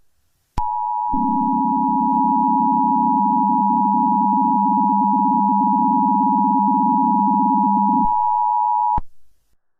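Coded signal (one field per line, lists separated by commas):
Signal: Emergency Alert System (SAME) tones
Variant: 853 and 960 Hz attention tone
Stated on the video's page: Fictional EAS scenario based on the Mario.exe game.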